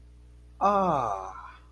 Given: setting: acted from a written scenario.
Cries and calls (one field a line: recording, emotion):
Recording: vocal sound without words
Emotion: sympathy